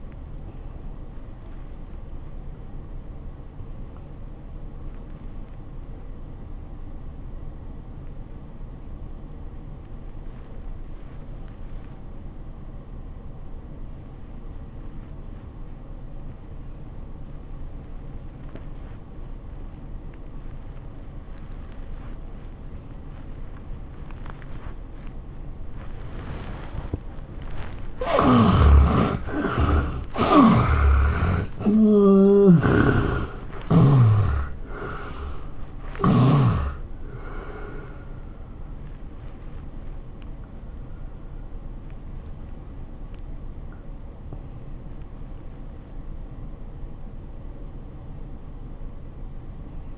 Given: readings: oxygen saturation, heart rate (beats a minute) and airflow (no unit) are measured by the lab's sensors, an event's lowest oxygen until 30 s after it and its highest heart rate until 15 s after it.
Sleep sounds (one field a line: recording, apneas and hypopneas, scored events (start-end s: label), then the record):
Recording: breathing in sleep by a smartphone at the bedside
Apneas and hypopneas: 1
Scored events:
6.00-29.00 s: obstructive apnea (N1, oxygen 97% highest, then 70% lowest, heart rate 78 at the start, 101 highest)
From the record:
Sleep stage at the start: N1 (lightest sleep)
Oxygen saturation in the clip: 72 to 97%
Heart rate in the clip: 71 to 101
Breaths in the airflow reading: 5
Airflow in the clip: -20.1 to 12.4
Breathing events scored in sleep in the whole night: 403 in 5.5 hours asleep